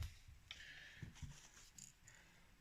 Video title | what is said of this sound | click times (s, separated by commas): Yamaha Yz80 engine teardown 1993-2001 part 2 | it always clicks from the front first if you can see on the gap at the top of the reeds the back's still flat | 0.5 s